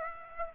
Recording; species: mosquito wingbeat signal from an infrared sensor; Aedes aegypti